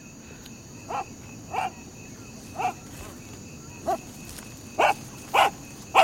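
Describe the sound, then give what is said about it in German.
A dog lets out a series of short, sharp barks, about seven in irregular succession, growing louder toward the end, with faint whiny tones between them. “Wem gehört denn dieser hässliche Köter?”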